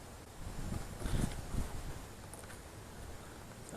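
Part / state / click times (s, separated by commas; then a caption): fuel line quick connector onto fuel pump outlet / not seated / none. A plastic fuel line quick connector with a blue retaining piece is pushed onto the fuel pump outlet during a fuel pump replacement on a 2008 WR250R motorcycle. Low handling rumbles swell between about 1.0 and 1.6 s, with faint light ticks near 2.3 s and 3.7 s over a steady background hiss. The connector fails to click, and nothing has seated yet.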